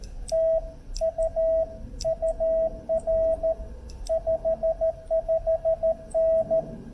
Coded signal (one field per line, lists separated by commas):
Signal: Morse code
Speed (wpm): 14 wpm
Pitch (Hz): 650 Hz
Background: radio noise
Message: TU UR 55N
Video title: Ham Radio Shenanigans - POTA - K-2726 - Crowders Mountain State Park, N. Carolina - KO4GAR w/ FT8